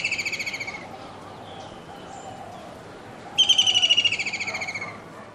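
White-throated kingfisher giving fast pulsed whinnying trills: one fading trill at the start, then a fresh loud trill that slowly drops in pitch and volume; faint other bird notes behind.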